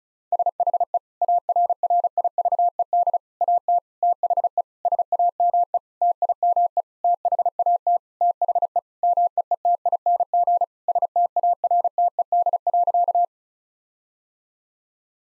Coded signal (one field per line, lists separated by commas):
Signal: Morse code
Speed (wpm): 34 wpm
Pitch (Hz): 700 Hz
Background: none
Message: SHE ARRIVED AT THE SAME TIME THAT THE MEETING STARTED.